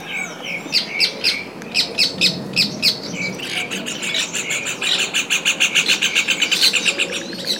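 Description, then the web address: Bird chatter of dense, rapid chirps that grows busier toward the end. "os passaros"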